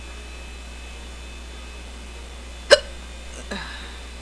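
An adult's hiccups: a sharp, brief click-like burst stands out against a steady low hum, followed about a second later by a softer second catch. These are sudden diaphragm spasms with abrupt closure of the vocal cords, producing the characteristic 'hic' sound.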